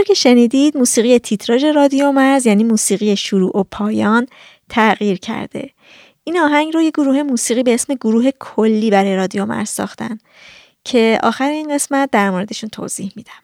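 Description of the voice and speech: A woman speaks Persian fluently in a clear, steady voice with brief natural pauses; ordinary, normal speech.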